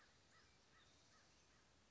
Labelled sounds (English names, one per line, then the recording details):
American Crow
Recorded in Sonoma County, California